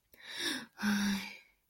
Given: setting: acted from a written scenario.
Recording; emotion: vocal sound without words; relief